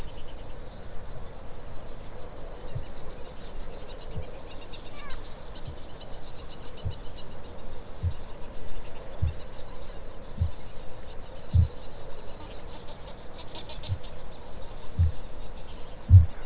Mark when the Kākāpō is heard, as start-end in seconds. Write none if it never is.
2.50-7.11, 7.82-11.95, 13.66-14.18, 14.70-16.37